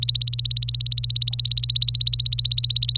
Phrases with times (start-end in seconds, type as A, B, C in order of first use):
0.00-2.97 A